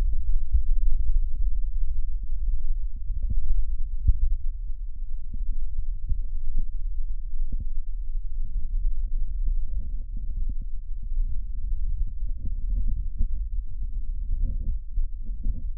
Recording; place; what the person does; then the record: lung sounds by stethoscope; right anterior apical chest; quiet breathing, then deep breathing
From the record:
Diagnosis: interstitial lung disease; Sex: male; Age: 47 years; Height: 159 cm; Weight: 66.8 kg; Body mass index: 26.4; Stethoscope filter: bell mode